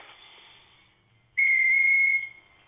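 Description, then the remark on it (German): A bird whistles one loud, steady, high-pitched note, held for under a second with no change in pitch, following a stretch of soft hiss. No one speaks. “Ja, da ist ein Vogel.”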